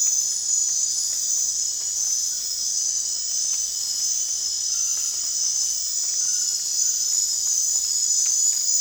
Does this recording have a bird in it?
no